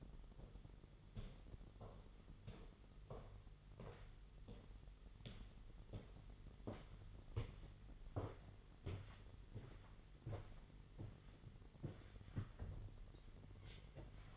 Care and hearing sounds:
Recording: daily activity, microphone in the room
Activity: walk to room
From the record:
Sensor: 4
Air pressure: 989.0 hPa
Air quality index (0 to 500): 205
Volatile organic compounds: 52 ppm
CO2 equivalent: 3324 ppm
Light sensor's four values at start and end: 29/99/37/39 and 28/97/36/38

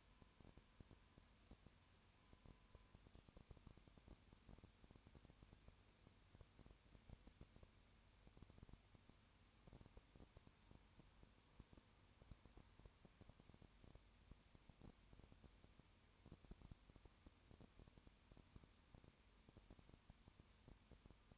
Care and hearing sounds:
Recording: daily activity, microphone in the room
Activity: no activity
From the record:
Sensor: 2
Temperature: 20.8 degrees Celsius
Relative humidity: 38.3%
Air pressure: 1010.4 hPa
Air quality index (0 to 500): 200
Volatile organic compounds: 19 ppm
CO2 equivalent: 2646 ppm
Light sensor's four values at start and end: 2/3/2/2 and 2/3/2/2

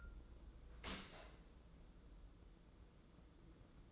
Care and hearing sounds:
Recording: daily activity, microphone in the room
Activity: open dishwasher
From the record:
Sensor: 3

